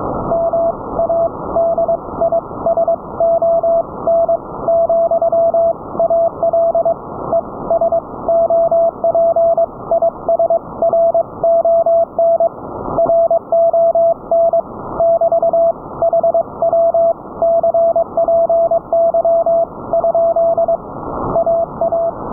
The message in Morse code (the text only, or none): MADISON, AL ES OP IS RON RON <BT> HW CPY? AA